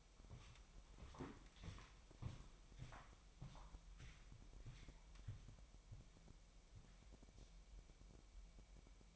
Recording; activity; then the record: daily activity, microphone in the room; walk to room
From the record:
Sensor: 1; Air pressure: 1002.0 hPa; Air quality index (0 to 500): 248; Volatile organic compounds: 52 ppm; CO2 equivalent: 3325 ppm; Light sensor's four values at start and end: 7/16/6/7 and 7/17/7/8